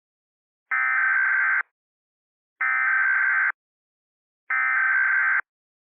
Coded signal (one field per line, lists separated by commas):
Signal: Emergency Alert System (SAME) tones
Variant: header bursts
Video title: EAS Scenario - Blue Moon Virus Remastered